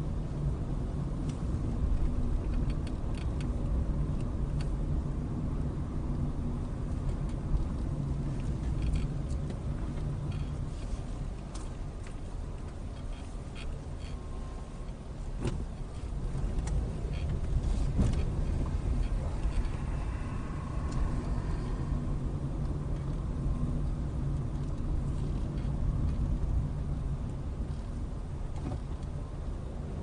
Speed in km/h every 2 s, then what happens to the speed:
19, 23, 21, 21, 16, 10, 6, 6, 10, 13, 18, 19, 18, 13, 10.
0-6 steady at about 21. 6-12 slows to 6. 12-21 speeds up to 19. 21-27 slows to 10.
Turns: 5-16.